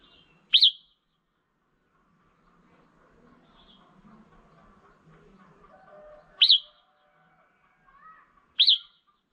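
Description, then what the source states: Red-whiskered bulbul uttering three loud, sharp high chirps spaced several seconds apart, with faint quiet sounds between them. Female.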